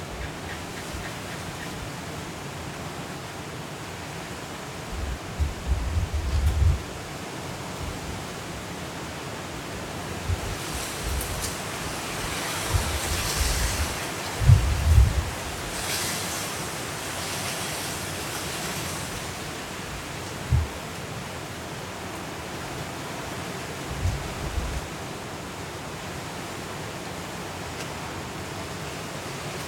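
Hurricane wind and rain roar as a steady, dense hiss across the whole clip. Stronger gusts swell around 6, 11 to 16, and 24 seconds, bringing deep low rumbles and brighter rushing, with a short low thump near 20 seconds.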